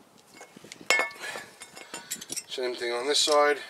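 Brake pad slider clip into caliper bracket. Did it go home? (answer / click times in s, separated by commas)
yes / 0.9 s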